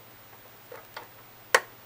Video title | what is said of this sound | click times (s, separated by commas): TrvStr's tech tip #5 Installing ram | As you can see, that one clicked in, and you'll hear it again. | 1.5 s